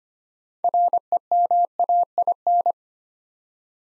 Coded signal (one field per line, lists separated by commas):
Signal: Morse code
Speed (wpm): 25 wpm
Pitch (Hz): 700 Hz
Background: none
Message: REMAIN